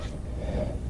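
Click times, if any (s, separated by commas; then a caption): none. The inner splined end of a steel CV axle on a 2007-13 Honda Fit is pushed into the transmission differential, where the retaining clip is expected to snap home. Only a steady low rumble and faint hiss are heard, with no sharp impact. Nothing has seated or clicked yet: the splines are lined up, but a visible gap remains.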